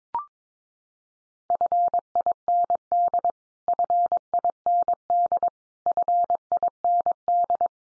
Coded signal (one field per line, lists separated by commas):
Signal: Morse code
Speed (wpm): 22 wpm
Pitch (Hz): 700 Hz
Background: none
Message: FIND FIND FIND